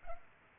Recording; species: mosquito wingbeat signal from an infrared sensor; Culex pipiens